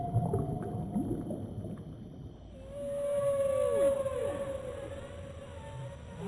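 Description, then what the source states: Whale song: after crackling low noise, a clear sustained tone appears, then curves sharply downward in two sliding glides, with faint higher tones continuing. Ocean.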